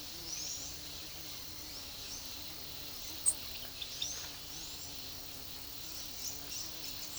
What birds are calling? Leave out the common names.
Thraupis palmarum